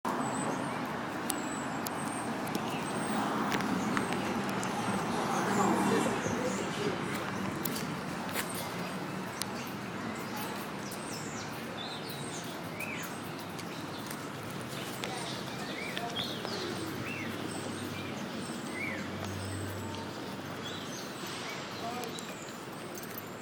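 Birds chirp in short, scattered calls over a steady wash of city street noise, high bright notes popping up every second or two, thickest after the midpoint. Traffic rumble holds constant underneath, with faint voices and occasional clicks mixed in.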